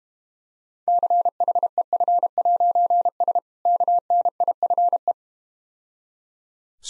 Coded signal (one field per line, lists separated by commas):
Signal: Morse code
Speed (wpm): 32 wpm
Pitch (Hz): 700 Hz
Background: none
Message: CHEF'S KNIFE